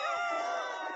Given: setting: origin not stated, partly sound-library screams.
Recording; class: one-second piece from a danger detection set; woman in danger